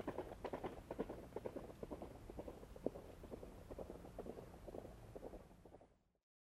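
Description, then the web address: Horse hooves galloping in a quick, uneven rhythm of dull thuds, roughly two beats a second, fading away and stopping near the end. Horse approaching and moving away at a gallop on gravel. "cavalo aproximando se e afastando se a galope sobre cascalho"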